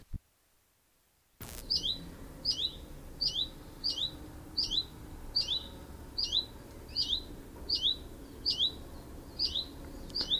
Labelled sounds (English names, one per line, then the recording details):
Common Chiffchaff alarm call
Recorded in the wild
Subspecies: collybita
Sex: pair
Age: adult
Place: Spitzberg, Tübingen, Baden-Württemberg, DE
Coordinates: 48.5167, 9.01667
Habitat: edge of the woods
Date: 1967-07-07 12:10
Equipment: Nagra III PH, kleiner englischer Parabolspiegel, LGS26
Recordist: Schneider, Hans-Joachim